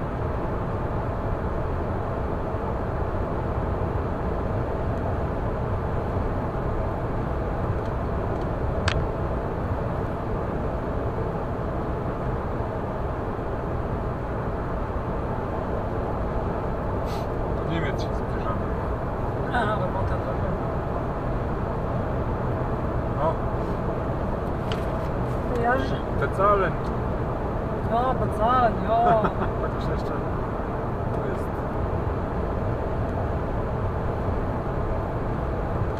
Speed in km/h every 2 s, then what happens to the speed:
113, 113, 113, 113, 113, 113, 112, 111, 111, 111, 110, 110, 110, 110, 110, 110, 110, 110.
0-36 steady at about 111.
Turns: none.